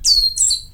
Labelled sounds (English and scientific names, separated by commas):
Stitchbird (Notiomystis cincta) song